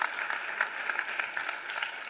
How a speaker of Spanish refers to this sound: Un aplauso para ustedes, pero bien grande. O sea, un aplauso fuerte, con ganas.